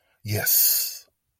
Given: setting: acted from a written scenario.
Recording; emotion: vocal sound without words; elation